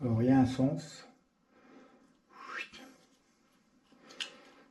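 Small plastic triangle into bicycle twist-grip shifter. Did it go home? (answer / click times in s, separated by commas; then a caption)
yes / 4.2 s. Someone talks, then a small plastic triangle indexing piece is refitted into a bicycle twist-grip gear shifter with soft rubbing and handling sounds. It clicks back into place at 4.2 s and is properly seated.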